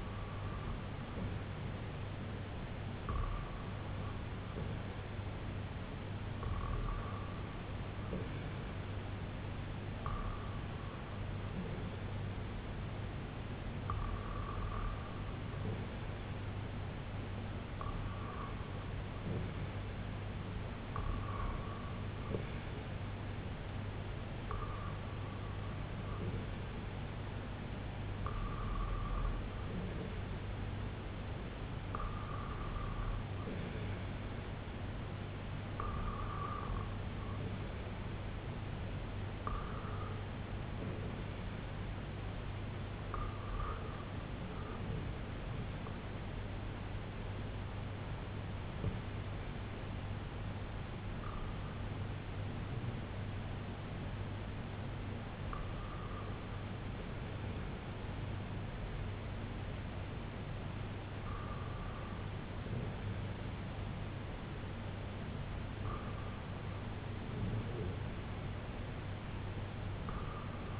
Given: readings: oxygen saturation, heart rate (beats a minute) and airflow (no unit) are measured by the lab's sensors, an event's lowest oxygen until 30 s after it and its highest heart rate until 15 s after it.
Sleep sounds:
breathing in sleep by a voice recorder at the bedside; none
none scored
From the record:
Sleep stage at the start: REM sleep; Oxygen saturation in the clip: 95 to 97%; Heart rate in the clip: 72 to 86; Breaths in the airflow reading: 18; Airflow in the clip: -8.7 to 3.6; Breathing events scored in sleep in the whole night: 258 in 7.4 hours asleep

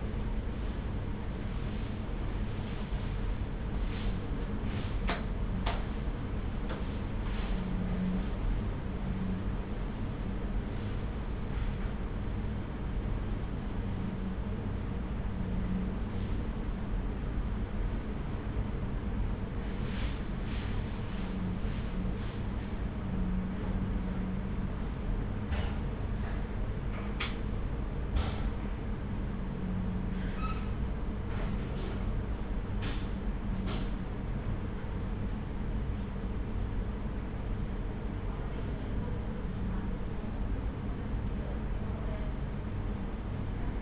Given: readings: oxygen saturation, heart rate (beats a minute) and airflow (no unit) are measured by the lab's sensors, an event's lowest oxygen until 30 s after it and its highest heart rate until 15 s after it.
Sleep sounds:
a person awake in a sleep study, by a smartphone at the bedside; none
0.00-43.82 s: awake
0.00-43.82 s: awake
From the record:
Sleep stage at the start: awake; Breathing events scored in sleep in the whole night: 210 in 6.9 hours asleep

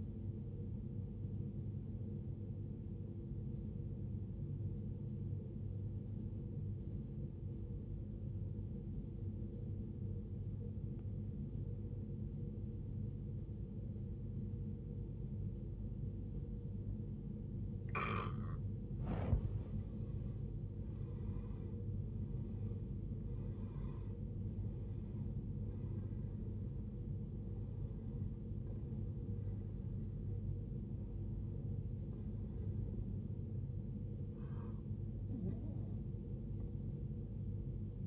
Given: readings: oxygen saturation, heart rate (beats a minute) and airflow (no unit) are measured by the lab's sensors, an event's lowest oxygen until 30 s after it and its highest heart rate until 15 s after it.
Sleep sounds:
breathing in sleep by a smartphone at the bedside; 1
5.00-23.00 s: obstructive apnea (N1, oxygen 95% highest, then 84% lowest, heart rate 57 at the start, 72 highest)
From the record:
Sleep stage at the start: N1 (lightest sleep); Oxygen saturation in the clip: 79 to 95%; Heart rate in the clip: 52 to 72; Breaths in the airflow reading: 7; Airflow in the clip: -16.4 to 16.6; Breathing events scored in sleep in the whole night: 389 in 6.3 hours asleep

